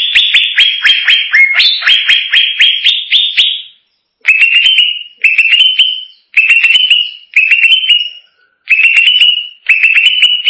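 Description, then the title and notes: Greater green leafbird with a long run of ticking, rising whistles, then shorter clicking phrases ending in a level whistle, repeated roughly once a second. Champion singing bird. "Kicau Burung Cucak Ijo Juara. Suara kicauan burung cucak ijo"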